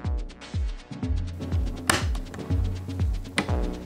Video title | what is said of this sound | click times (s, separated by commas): Phanteks P500A, People's choice 2020, white PC build with Lian Li Galahad AIO cooler | that's the click that you want | 1.9 s, 3.4 s